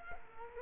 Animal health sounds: mosquito wingbeat signal from an infrared sensor; Culex quinquefasciatus

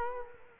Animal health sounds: mosquito wingbeat signal from an infrared sensor; Culex quinquefasciatus

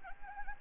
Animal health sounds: mosquito wingbeat signal from an infrared sensor; Anopheles gambiae

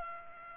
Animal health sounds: mosquito wingbeat signal from an infrared sensor; Culex pipiens

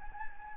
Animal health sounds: mosquito wingbeat signal from an infrared sensor; Anopheles gambiae

